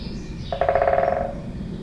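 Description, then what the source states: Woodpecker drumming, a single quick burst of evenly spaced taps, over a low outdoor hum. Binaural recording.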